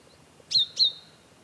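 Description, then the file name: Great tit giving one pair of short, bright, slightly downward call notes in a brief snippet. "Parus major"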